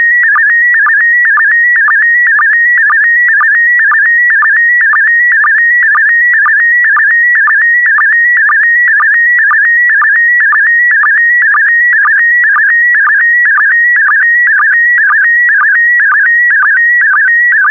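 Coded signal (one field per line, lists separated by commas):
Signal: SSTV (slow-scan television)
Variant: PD120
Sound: warbling tone stepping between pitches, with a short low blip about twice a second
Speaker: 5, 4, 3, 2, 1. Thank you. Transmission complete. You can now check your decoded image against the picture that is shown on the video.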